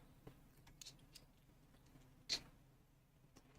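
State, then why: Not seated. A plastic building brick is pressed into place on a brick model, but only faint taps and rubs are heard, with a brief brighter rustle near 2.3 seconds. Nothing has seated or clicked yet.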